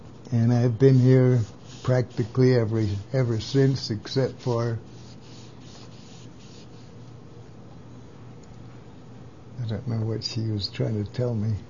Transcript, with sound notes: And I've been here practically every -ever—since except for (long gap) I don't know what she's trying to tell me.